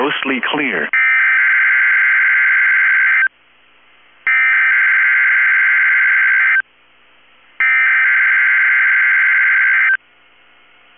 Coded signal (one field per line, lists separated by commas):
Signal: Emergency Alert System (SAME) tones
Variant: header bursts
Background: speech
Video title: 7/19/23 - KEC65 Required Weekly Test (EAS #824)